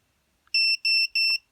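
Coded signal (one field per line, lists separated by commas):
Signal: beep code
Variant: VIFLY Finder V2 buzzer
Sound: three short, evenly spaced, high-pitched electronic beeps, each about a fifth of a second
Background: faint clicks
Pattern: 3 short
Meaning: The lost-drone alarm has been reset and turned off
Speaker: And the 3 beeps in that low volume indicates that I have reset the alarm and turned it off.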